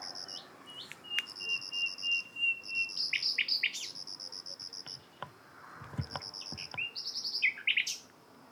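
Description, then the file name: Common nightingale delivering a steady run of whistled notes, then fast high pulsed series and sharp chirps, with a few clicks in the background. "Luscinia megarhynchos"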